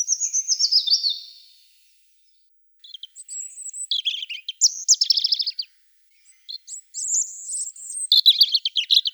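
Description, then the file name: European robin song: a high wavering whistle, then after a silence several varied, sparkling phrases of trills and slurred notes separated by short pauses. "Erithacus rubecula"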